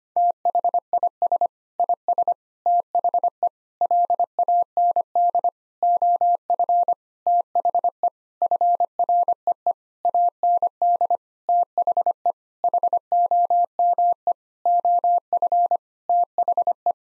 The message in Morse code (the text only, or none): THIS IS THE LAND OF THE FREE AND THE HOME OF THE